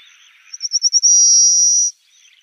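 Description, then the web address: Pale rock sparrow singing: quickening stuttered high notes that run into a long, steady, buzzy trill, with faint twittering around it. "Schulze Peter Pale Rock Sparrow song"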